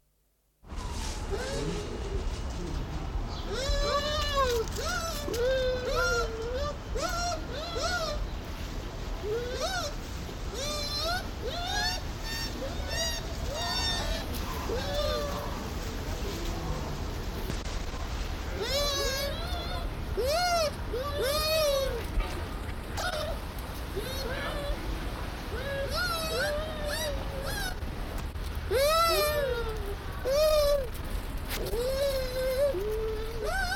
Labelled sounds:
Bush Dog (Speothos venaticus)

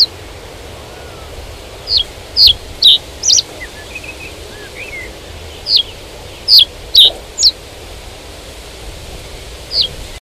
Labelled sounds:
Reed Bunting (Emberiza schoeniclus) song

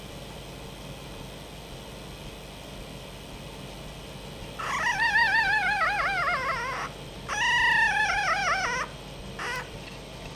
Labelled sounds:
Red Fox (Vulpes vulpes)

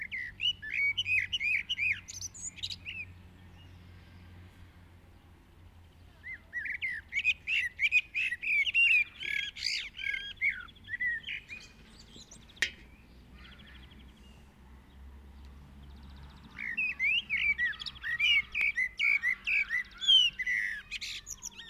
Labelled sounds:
Common Blackbird (Turdus merula) song

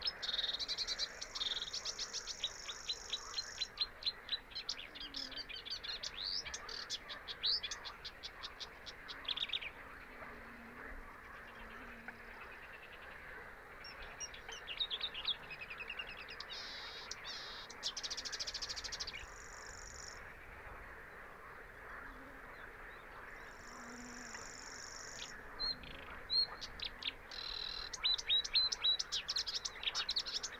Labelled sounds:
Marsh Warbler (Acrocephalus palustris) song

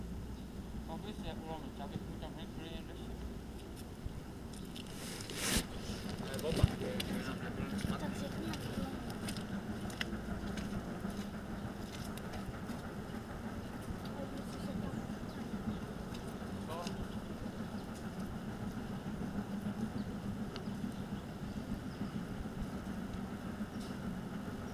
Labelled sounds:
Sika Deer (Cervus nippon) rut call

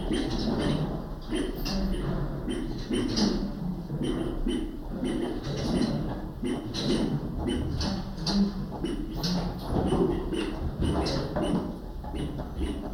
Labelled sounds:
Northern Greater Galago (Otolemur garnettii) call

